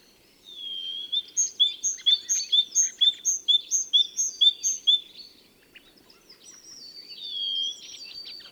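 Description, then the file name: Great tit song: a bright two-note phrase, high then lower, repeated several times at an even pace, followed by thinner scattered whistled notes. "Parus major"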